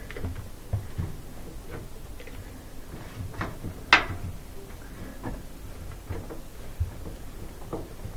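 A ring-shaped part is pressed by hand over a rim, worked around to the six o'clock position. Soft handling rustles and small knocks lead up to one loud, sharp click at 3.9 seconds. The part then sits fully seated, locked into position all the way around.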